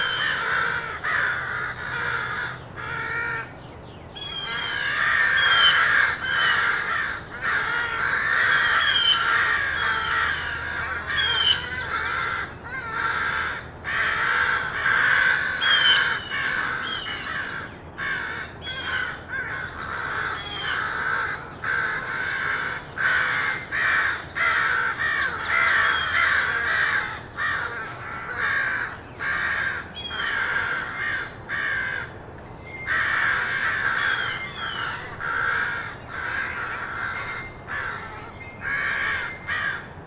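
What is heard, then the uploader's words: Crows caw loudly and almost without pause from treetops, their harsh calls overlapping in a dense, rowdy chorus across the whole clip. Higher, thinner chirps and whistles from other birds thread through the background, with a faint low rumble underneath. The Wild and Raucous Sounds of Crows Cawing in the Treetops. A field recording of rowdy crows loudly cawing in the treetops amidst the sounds of other birds -- and since this was recorded in an urban park -- also you may hear the sounds of morning traffic. I recorded this audio while out with my camera just after sunrise.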